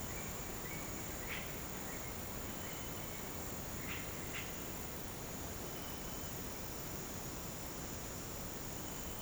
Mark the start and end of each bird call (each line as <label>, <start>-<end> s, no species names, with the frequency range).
bird call (1.4-2.6 kHz), 0.12-0.99 s
bird call (0.8-3.4 kHz), 1.32-2.17 s
bird call (1.1-3.8 kHz), 3.81-4.46 s